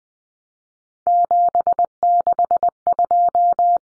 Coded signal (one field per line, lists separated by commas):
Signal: Morse code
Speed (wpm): 20 wpm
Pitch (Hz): 700 Hz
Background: none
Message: 762